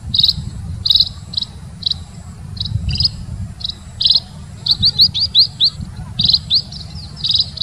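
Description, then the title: Munia giving high, thin chirps, single and in quick clusters, over a steady low rumbling background. Continuous tireless chirping, used as a master recording for training songbirds. "Kicau Emprit Ngoceh Tak Kenal Lelah Untuk Masteran"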